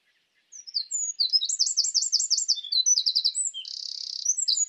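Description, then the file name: Eurasian wren singing a fast, high-pitched stream of chattering notes, rolling trills and a brief buzzing rattle, delivered almost without pause over about four seconds. "Troglodytes troglodytes"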